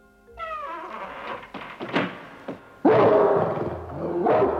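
A dog lets out a falling, whiny cry, then a series of rough snarling growls that swell louder toward the end, with no talking.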